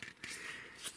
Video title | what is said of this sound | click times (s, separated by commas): UCO Switch 4 in 1 Utensil Set Review | there it is it snaps right in there | 0.0 s